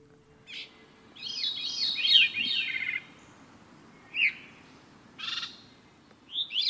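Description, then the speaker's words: Veery song: a descending, ringing spiral of fluty notes, then a few short slurred calls at intervals. Song sounds like two notes at once, as if echoing itself, made with two voice boxes; veeries sing responsively, not in chorus, one voice quickly answering another, with an unearthly quality. "As perhaps you found, they seem to never sing in chorus, but responsively, one voice quickly answering another. And all that unearthly quality was there."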